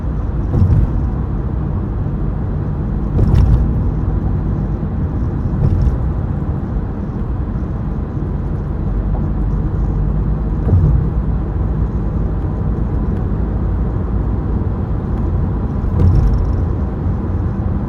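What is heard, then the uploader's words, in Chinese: Driving home on an elevated expressway through an afternoon thunderstorm in Taipei, the car's low, steady road rumble fills the clip. Brief bright hissing bursts come every few seconds, around 1, 3, 6, 11 and 16 seconds, like tires through water or wipers. 從午後雷雨裡台北市信義國開車走市民高架回家，車跑在雷雨前面，高架橋上雷雨乍然而止。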